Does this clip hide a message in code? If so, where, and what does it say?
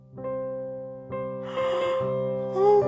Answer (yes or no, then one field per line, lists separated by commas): no